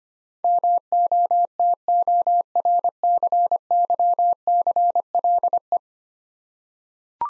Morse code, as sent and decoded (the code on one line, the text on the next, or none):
-- --- - --- .-. -.-. -.-- -.-. .-.. .
MOTORCYCLE